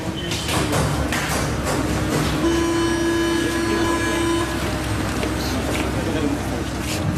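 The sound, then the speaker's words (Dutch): A metro train carrying people heading to a water polo match rumbles steadily, with clattering thumps and a sustained high tonal whine or squeal for about two seconds in the middle, while indistinct voices murmur underneath. “Ja, we gaan nu snel naar de metro, naar het waterpolo.”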